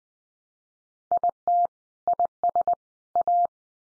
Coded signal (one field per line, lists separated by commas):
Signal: Morse code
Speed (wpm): 20 wpm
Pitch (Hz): 700 Hz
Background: none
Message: IT IS A